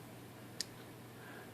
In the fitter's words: once we push down on here you might be able to watch this click